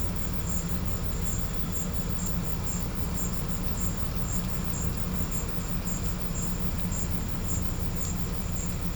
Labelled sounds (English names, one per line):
none